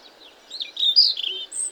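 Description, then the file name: European robin phrase: brief high twittering notes, sliding and wavering, ending with a thin high whistle, faint background hiss. "Erithacus rubecula"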